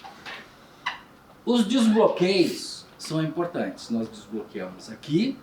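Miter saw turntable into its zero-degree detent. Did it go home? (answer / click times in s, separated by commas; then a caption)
yes / 0.9 s. An Einhell miter saw's turntable is swung back to its normal 0° position and the angle detent locks into place with a sharp tick at 0.9 s. Someone talks afterward.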